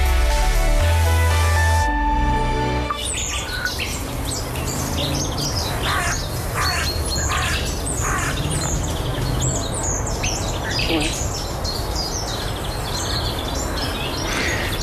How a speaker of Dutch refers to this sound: Kon ze haar oren wel geloven? Ja, de eerste nachtegaal. Opgenomen aan de Gooimeerkust te Huizen.